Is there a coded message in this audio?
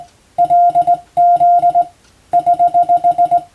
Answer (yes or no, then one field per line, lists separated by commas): yes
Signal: Morse code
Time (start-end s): 0.4-3.4 s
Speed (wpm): 20 wpm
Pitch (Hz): 700 Hz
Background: none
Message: LZ <HH>